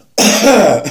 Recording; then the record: coughing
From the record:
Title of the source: Spring Cold Coughing 3